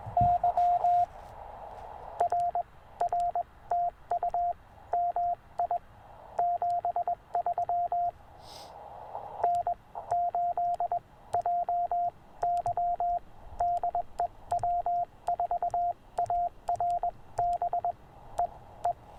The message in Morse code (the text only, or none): YR R TU MI 73 N8JY DE W4ARB E E